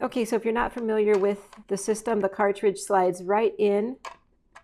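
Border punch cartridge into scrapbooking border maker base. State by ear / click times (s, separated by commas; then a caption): not seated / none. Someone talks while handling a border punch cartridge that is about to be slid into the plastic base of a scrapbooking border maker. Speech fills most of the clip, followed by a faint, brief tap near 4.6 s. Nothing has seated or clicked yet.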